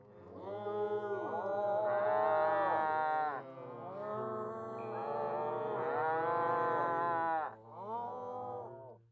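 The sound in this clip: Cattle mooing, drawn-out overlapping calls from more than one animal, sustained harmonic bellows with brief pauses, steady low background rumble.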